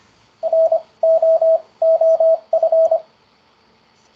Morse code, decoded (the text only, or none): NO OF